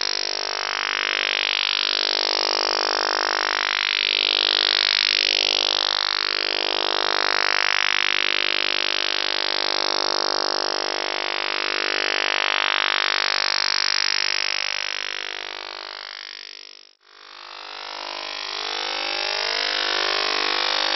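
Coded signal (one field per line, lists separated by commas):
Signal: radar signal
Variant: PLUTO OTHR, 50 Hz FMCW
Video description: This video is an example of the British PLUTO (also called PLUTO II) Over The Horizon Radar (OTHR), from the island of Cyprus, transmitting on 4 different frequencies, simultaneously.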